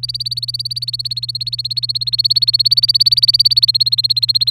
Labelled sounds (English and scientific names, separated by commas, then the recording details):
Domestic Canary (Serinus canaria) song
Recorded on 27 April 2018 at 05:47
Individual llb3